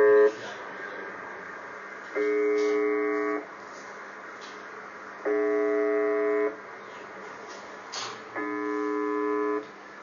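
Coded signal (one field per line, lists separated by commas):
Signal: numbers station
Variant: UVB-76 (The Buzzer)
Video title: UVB-76 @ HA5KDR/P (Budapest XII. Őzike u.)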